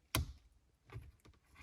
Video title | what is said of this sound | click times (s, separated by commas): INSTALLING A RED START BUTTON ON MY WIDEBODY SCATPACK CHARGER | just grab your new start button do the inverse push it until you hear it click | 0.2 s